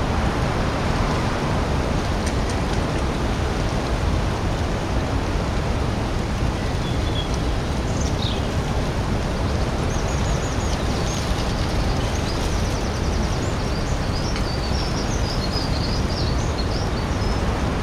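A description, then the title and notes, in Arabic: Leaves rustle in a steady, dense wash that fills the woods without pause or swell. Faint bird chirps and short trills flicker high above it, mostly in the second half, sparse and soft beneath the constant hiss. همس الأوراق وتغريد الطيور اللطيف في غابات موير عند الغسق. هذا المشهد الصوتي، المسجل بالصوت ثلاثي الأبعاد خلال الساعة السحرية الساحرة. تحت ناموسية أشجار السيكويا العتيقة.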